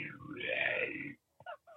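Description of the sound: A single drawn-out, rough, groaning growl lasts about a second, followed by two brief voice fragments. It is an adult vocally imitating stomach growling (borborygmi), an ordinary digestive gurgle, rather than the real bowel sound.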